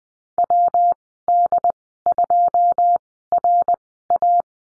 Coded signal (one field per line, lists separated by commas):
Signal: Morse code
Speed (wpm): 20 wpm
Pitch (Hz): 700 Hz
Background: none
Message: WD2RA